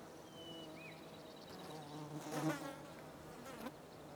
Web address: Wav Junction Sound Effects - Ambience loud flies light birds crickets wind